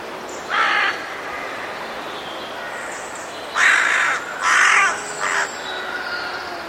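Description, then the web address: Bird calling with harsh caws: one near the start, then after a pause three more in quick succession, with a faint high hiss throughout. "cianscape. Deverinetal 2025. Bird Only"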